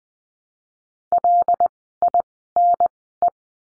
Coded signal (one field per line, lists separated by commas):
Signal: Morse code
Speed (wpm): 20 wpm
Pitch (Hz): 700 Hz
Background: none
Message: LINE